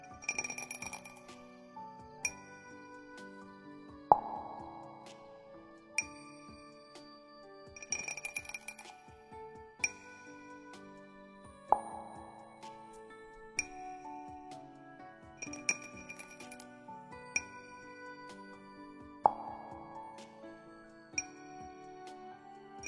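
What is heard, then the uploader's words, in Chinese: Wind chimes and struck cups ring in a slow, steady pattern, sharp clinks every two seconds with bright shimmering jingles and lingering tones. 极度舒适空灵韵律风铃杯敲击 卡点敲击 舒缓解压轻音乐。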